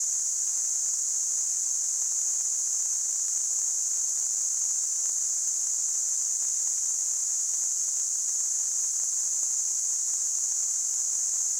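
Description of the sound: Simulated tinnitus: a steady, high-pitched hissing noise concentrated around 6 to 8 kHz. It holds constant in pitch and loudness throughout, with no other sounds.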